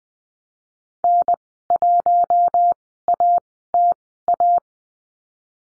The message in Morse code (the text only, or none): N1ATA